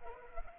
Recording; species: mosquito wingbeat signal from an infrared sensor; Culex pipiens